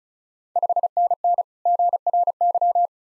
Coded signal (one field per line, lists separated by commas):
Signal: Morse code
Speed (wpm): 36 wpm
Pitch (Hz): 700 Hz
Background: none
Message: 5NN GRY